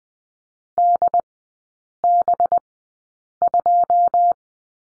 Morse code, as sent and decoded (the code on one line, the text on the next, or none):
-.. -... ..---
DB2